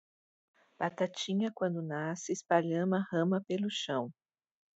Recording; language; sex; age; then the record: short text; Brazilian Portuguese; female; 50 to 59 years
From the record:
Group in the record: control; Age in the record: 55 years